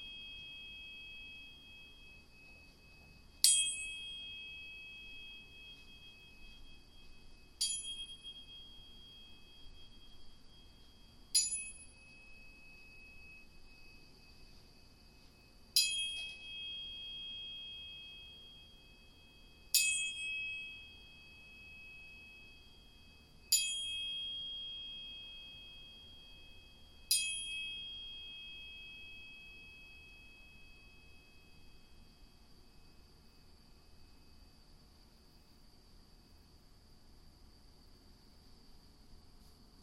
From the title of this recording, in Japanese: 音叉チューニング2本